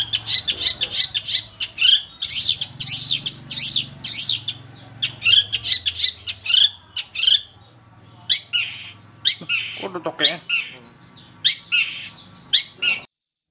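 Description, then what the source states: Long-tailed shrike song, rapid varied chatter with warbled and wavering high notes, a brief lower buzzy phrase, then spaced sharp notes. Training (master) recording for songbird keepers; Indonesian name cendet.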